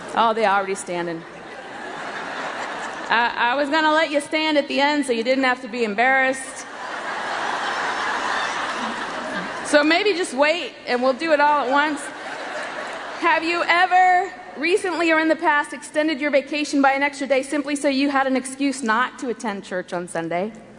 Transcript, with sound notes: Oh, they’re already standing. I was going to let you stand at the end so you didn’t have to be embarrassed. (laughter) So maybe just wait, and we’ll do it all at once. Have you ever, recently or in the past, extended your vacation by an extra day simply so you had an excuse not to attend church on Sunday?